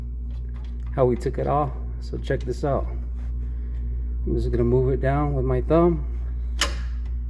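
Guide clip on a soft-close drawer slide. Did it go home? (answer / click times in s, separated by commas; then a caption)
yes / 6.6 s. Someone talks while sliding the guide clip on a soft-close drawer slide down with a thumb. A sharp, tick-like click sounds at 6.6 s as the guide clip snaps into place and seats.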